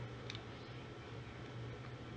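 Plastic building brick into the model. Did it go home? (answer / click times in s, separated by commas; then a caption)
yes / 0.3 s, 0.4 s. A plastic building-block piece that was not fully pushed into the model is pressed down and seats fully home, with short sharp clicks at 0.3 and 0.4 seconds. A steady low hum runs underneath throughout.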